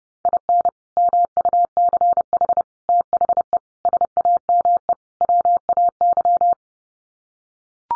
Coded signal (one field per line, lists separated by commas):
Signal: Morse code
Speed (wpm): 28 wpm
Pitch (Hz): 700 Hz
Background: none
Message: IN MUCH THE SAME WAY